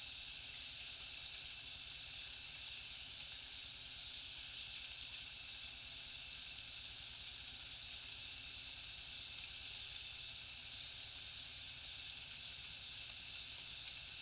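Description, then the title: Crickets form a thin high trilling backdrop; after about ten seconds a louder cricket begins a regular pulsing chirp, roughly three beats per second. Heavy cricket chorus at night in a jungle. "alex productions ambient music nature. Jungle night heavy crickets"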